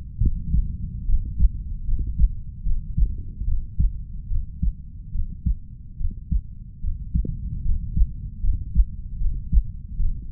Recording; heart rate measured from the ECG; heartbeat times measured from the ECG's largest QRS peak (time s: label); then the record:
heart sounds by stethoscope; 74 bpm
0.19 s: heartbeat
1.05 s: heartbeat
1.84 s: heartbeat
2.62 s: heartbeat
3.44 s: heartbeat
4.27 s: heartbeat
5.11 s: heartbeat
5.96 s: heartbeat
6.80 s: heartbeat
7.62 s: heartbeat
8.40 s: heartbeat
9.17 s: heartbeat
9.96 s: heartbeat
From the record:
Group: healthy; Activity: rest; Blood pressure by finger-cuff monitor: 121/63 mmHg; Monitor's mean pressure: 78 mmHg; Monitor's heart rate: 73 bpm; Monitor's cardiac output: 5.8 L/min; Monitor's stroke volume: 80 mL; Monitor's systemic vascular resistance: 950 dyn s/cm5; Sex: female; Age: 32 years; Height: 168 cm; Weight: 61.9 kg